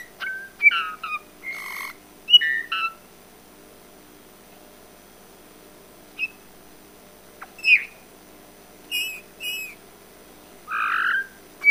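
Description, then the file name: Eurasian bullfinch giving soft whistled call notes, some descending, scattered throughout between pauses, with a few harsher noisy bursts. "Pyrrhula pyrrhula"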